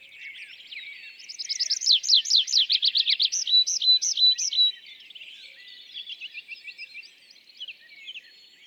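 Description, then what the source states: Tree pipit song: accelerating sharp descending notes, then a few drawn-out whistles, followed by a softer trilled run and background birdsong. Display flight song of a bird newly arrived from migration; La Sarcena, Val Drôme, France, 27 April 2020; sings from top of isolated tree by a meadow, rising then parachuting down; Nagra Seven, MKH40.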